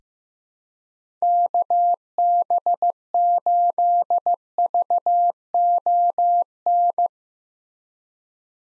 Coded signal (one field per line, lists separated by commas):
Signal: Morse code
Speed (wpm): 15 wpm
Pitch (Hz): 700 Hz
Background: none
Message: KB8VON